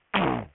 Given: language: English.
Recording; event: throat vibration sensor signal played as sound; throat clearing